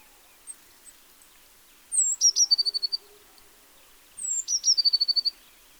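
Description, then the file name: Eurasian blue tit singing two phrases a couple of seconds apart, each a high slurred note dropping into a quick, even, bell-like trill. "Cyanistes caeruleus"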